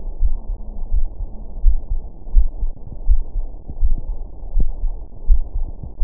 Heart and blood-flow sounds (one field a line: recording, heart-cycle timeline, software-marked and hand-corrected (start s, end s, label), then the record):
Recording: heart sounds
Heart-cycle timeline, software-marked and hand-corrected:
0.00	0.22	diastole
0.22	0.36	S1
0.36	0.50	systole
0.50	0.58	S2
0.58	0.94	diastole
0.94	1.06	S1
1.06	1.20	systole
1.20	1.28	S2
1.28	1.64	diastole
1.64	1.78	S1
1.78	1.90	systole
1.90	1.98	S2
1.98	2.34	diastole
2.34	2.48	S1
2.48	2.60	systole
2.60	2.70	S2
2.70	3.08	diastole
3.08	3.22	S1
3.22	3.36	systole
3.36	3.46	S2
3.46	3.82	diastole
3.82	3.96	S1
3.96	4.08	systole
4.08	4.18	S2
4.18	4.54	diastole
4.54	4.68	S1
4.68	4.82	systole
4.82	4.92	S2
4.92	5.28	diastole
5.28	5.42	S1
5.42	5.54	systole
5.54	5.66	S2
5.66	6.02	diastole
6.02	6.04	S1
From the record:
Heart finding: coronary artery disease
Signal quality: good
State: rest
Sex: female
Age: 45 years